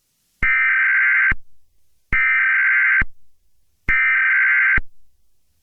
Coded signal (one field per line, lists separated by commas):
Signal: Emergency Alert System (SAME) tones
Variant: header bursts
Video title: Murderous Pups: A Paw Patrol EAS Scenario